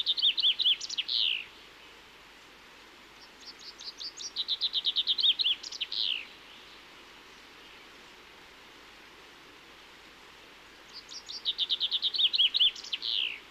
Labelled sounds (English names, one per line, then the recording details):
Common Chaffinch song
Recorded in the wild
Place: Oberstdorf, Bayern, DE
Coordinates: 47.446, 10.3002
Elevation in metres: 953
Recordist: Tretzel, Erwin